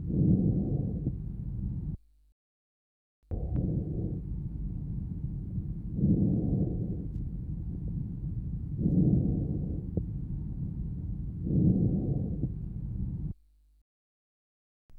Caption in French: Le murmure vésiculaire normal. D'un son doux, de basse tonalité, entendu à la périphérie du poumon et essentiellement inspiratoire.